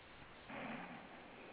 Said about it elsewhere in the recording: Breathing through your nose with your mouth closed lift your tongue so that it is touching the roof of your mouth and draw in breath through your nose just at the point before you would make the sound of a snore. You know how when people snore? You make a Darth Vader sound like you're in that mask.